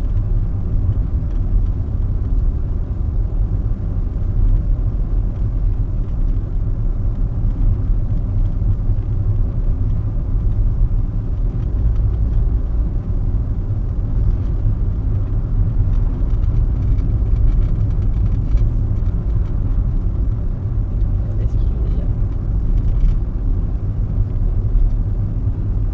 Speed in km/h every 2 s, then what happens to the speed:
38, 38, 39, 38, 37, 36, 38, 37, 38, 39, 38, 38, 37.
0-26 steady at about 38.